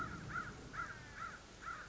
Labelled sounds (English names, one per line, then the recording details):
American Crow
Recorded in Sonoma County, California